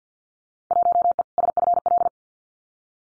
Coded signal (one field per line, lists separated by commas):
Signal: Morse code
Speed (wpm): 50 wpm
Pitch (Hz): 700 Hz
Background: none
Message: 1E SFL